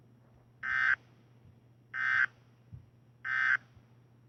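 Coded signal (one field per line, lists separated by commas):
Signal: Emergency Alert System (SAME) tones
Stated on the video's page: Fictional EAS scenario.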